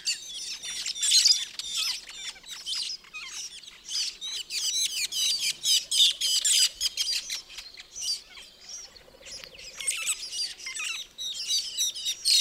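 Metallic starling calls: a busy stream of harsh chips, squeaks and buzzy squawks, easing briefly around the middle and then resuming.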